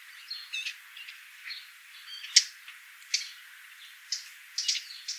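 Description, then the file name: Eurasian blackcap calls: sharp clicking tacks at irregular intervals, mixed with brief high chirps and thin whistled notes from other small birds. "Sylvia atricapilla"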